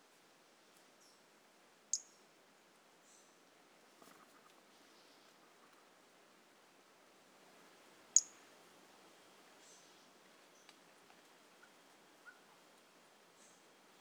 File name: Brachycephalus mirissimus 18 jan 2018 individual 02 ex 01 A E Confetti not collected